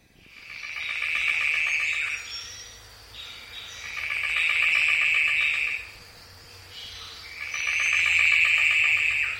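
Golden bowerbird producing three long, harsh rattling buzzes, each around two seconds, separated by pauses.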